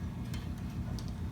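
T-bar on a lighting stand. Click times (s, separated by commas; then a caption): 1.0 s. A small T-bar, made from PVC pipe, is fitted onto a lighting stand over a steady low rumble, with short sharp clicks around 0.3 s, 1.0 s and 1.1 s. The T-bar locks in place at 1.0 s, checked because another one they own does not lock.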